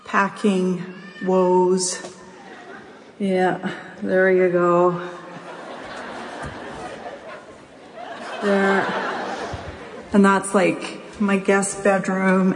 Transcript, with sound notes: packing woes! Yeah, there you go. (ladies laugh) And that’s like my guest bedroom.